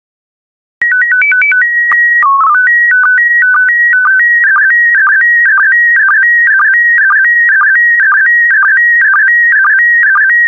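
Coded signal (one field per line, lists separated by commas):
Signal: SSTV (slow-scan television)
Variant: PD 120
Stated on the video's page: PD120-mode SSTV practice transmissions made for listeners to decode, sets of four images from a stock photo collection.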